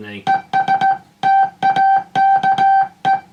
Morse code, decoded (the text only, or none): ES TAKE